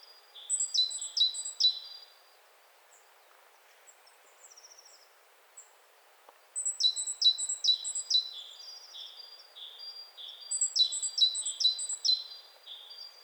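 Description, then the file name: Great tit giving rapid runs of high, clipped downslurred notes, three bursts with faint chatter between them. "Parus major"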